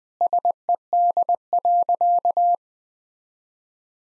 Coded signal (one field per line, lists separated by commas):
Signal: Morse code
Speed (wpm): 21 wpm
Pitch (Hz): 700 Hz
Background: none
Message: SED.